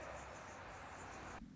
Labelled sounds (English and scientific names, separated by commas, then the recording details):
Anna's Hummingbird (Calypte anna)
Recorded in Sonoma County, California